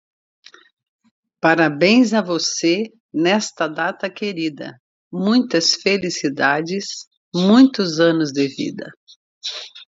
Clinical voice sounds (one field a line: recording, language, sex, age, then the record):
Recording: short text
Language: Brazilian Portuguese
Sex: female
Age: 50 to 59 years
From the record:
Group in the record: control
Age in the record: 58 years